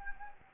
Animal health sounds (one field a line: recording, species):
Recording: mosquito wingbeat signal from an infrared sensor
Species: Anopheles gambiae